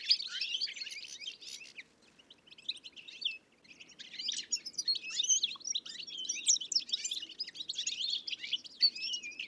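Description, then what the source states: Goldfinches twittering in a busy chorus, briefly dropping away near two seconds before resuming. Small roost of goldfinches, Plateau de Lesches-en-Diois, Drôme, France, about 1000 m, 30 January 2021; windless, sunny morning after days of rain; Nagra Seven with Telinga P7 parabola.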